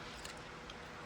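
An electrical wiring connector is unplugged from the fuel pump sending unit of a 5th-gen Camaro, giving two short clicks at 0.2 s and 0.7 s. The connector comes free against a steady, noisy background hiss.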